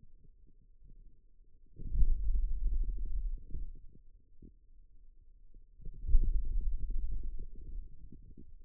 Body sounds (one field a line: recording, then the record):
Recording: forearm muscle sounds (acoustic myography)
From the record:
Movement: hand closing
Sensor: system 2, bracelet of six BSWA MPA416 microphones around the upper forearm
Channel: 1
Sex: male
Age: 22 years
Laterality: right